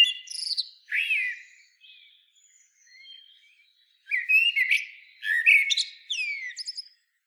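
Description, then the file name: Common blackbird song with loud fluty whistled phrases and high, sharp twittering flourishes, a quieter, softer stretch in the middle, then more vigorous warbling. "Turdus merula"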